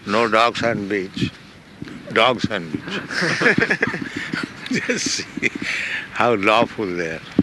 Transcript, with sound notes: "No dogs on beach"---"Dogs on beach." [laughter] [laughing] Just see how lawful they are.